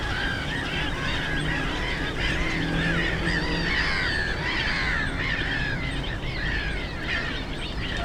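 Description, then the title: Black-headed gulls squawking nonstop in a crowded colony, rapid overlapping harsh calls, with a deep engine-like drone in the background. Many black-headed gulls, the loudest birds at Frog Ponds nature complex on former coal-mining ponds, Bytom, Poland; nearby DK79 road and railway noise; recorded with Zoom F4 and AT BP4025. "Żabie Doły, Bytom, Polska - Black-headed gulls at Frog Ponds complex"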